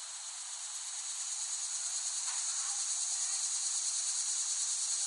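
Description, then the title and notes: Cicada chorus, a continuous shrill buzzing drone that swells gradually louder, with a faint pulsing texture throughout. Recorded in West Brighton, Staten Island, in late summer 2008. "Recording of cicadas made by Dan Bodah in West Brighton, Staten Island, late summer 2008."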